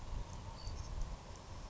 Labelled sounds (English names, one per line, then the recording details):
Savannah Sparrow
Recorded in Sonoma County, California